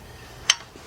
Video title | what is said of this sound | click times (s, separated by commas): ⭐ 2002 Dodge Stratus - 2.4 - Timing Belt - Water pump - Part 2 | You just felt the click. I just heard the click. | 0.5 s